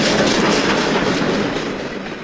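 train departing

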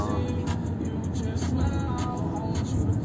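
car passing by

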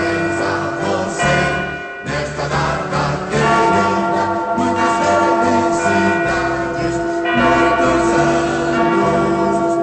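church bells ringing

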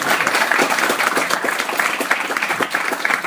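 audience applause

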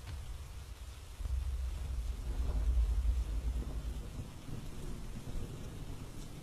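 rain and thunder

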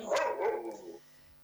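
dogs barking

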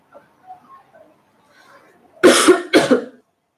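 coughing

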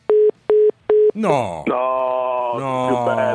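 phone call dropping

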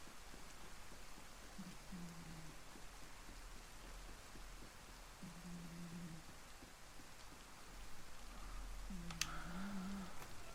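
rain falling

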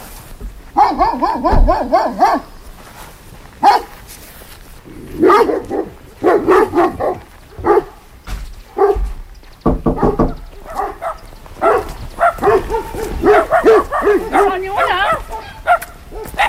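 dogs barking

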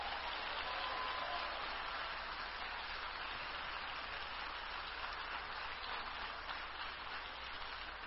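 audience applause

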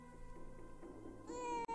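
baby crying

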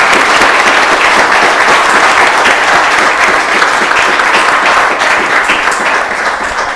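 audience applause

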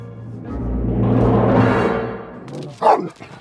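dog barking

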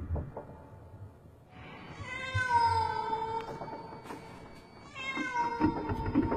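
cats meowing and caterwauling

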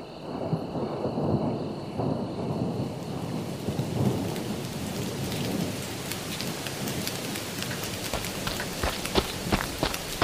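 rain with thunder

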